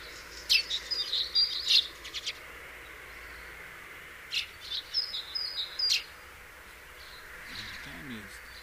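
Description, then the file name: House sparrow chirping in two clusters of quick, sharp notes separated by a quiet pause. "Passer domesticus"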